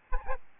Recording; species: mosquito wingbeat signal from an infrared sensor; Aedes albopictus